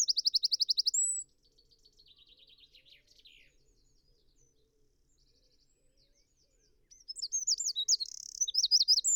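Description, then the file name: Eurasian wren trill closes one song, a softer descending trill follows, then after a pause a fresh loud song of high slurred notes and buzz. "Troglodytes troglodytes"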